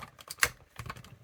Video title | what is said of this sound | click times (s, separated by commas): Star Wars The Vintage Collection The Mandalorian's N-1 Starfighter Needless Unboxing | Snap right into place, and look at that. | 0.4 s